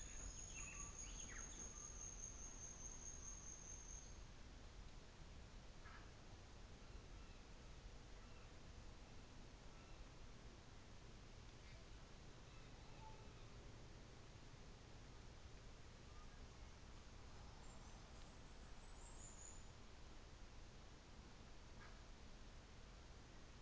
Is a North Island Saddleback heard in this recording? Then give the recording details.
no. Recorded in New Zealand on 24 December 2018. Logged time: 14:45